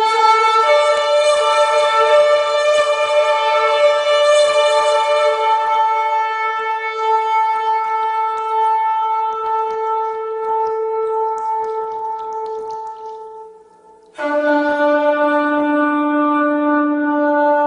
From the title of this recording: Shofar Blasts